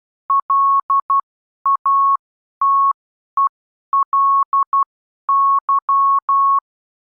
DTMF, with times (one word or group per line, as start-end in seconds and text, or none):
none